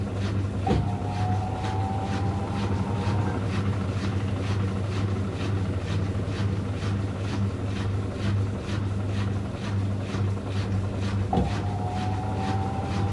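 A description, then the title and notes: A washing machine runs with a steady low hum and rapid churning ticks, while a brief rising whine sounds near the start and again near the end. ASMR washing machine sounds (no talking).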